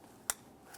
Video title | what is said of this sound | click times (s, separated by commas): How to Replace Starter 2011-2019 Ford Explorer | listen for a click give it a tug make sure it's secure | 0.3 s